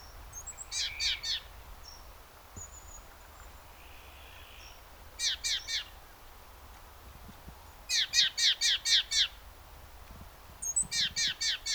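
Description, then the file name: Great tit song: sharp two-note phrases repeated in short bursts of three to six, with gaps of a few seconds between bursts and faint thin calls between. "Parus major"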